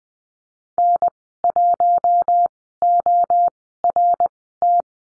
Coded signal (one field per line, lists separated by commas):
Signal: Morse code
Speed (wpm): 20 wpm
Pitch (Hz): 700 Hz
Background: none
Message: N1ORT